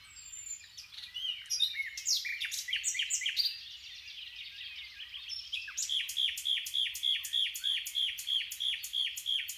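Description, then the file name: Common nightingale song: varied chirping phrases, then a fast repeated series of sharp whistled notes, about three per second. "Luscinia megarhynchos"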